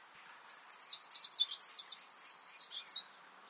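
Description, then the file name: Eurasian wren song, a fast, vigorous burst of high chattering notes and trills lasting about two and a half seconds, then silence. "Troglodytes troglodytes"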